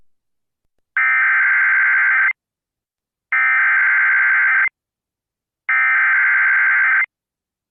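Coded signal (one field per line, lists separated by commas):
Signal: Emergency Alert System (SAME) tones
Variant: header bursts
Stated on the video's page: Personally captured EAS alerts from one day, compiled.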